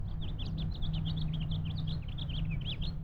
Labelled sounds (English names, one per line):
House Finch song